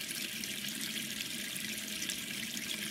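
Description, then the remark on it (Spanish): Water from a tap pours in a steady, unbroken hiss for the full three seconds, bright and fairly loud, with no separate drops and no voices. “Una canilla que gotea 46 litros.”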